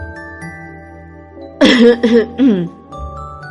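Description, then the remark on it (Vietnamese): Two people turn their faces away and give a quick series of three harsh, voiced dry coughs and throat-clearing sounds, loud and abrupt, then stand up. The coughs rise over a soft, steady musical drone before it settles back. “Đồng thời, hai người xoay mặt đi ho khan, xấu hổ đứng lên.”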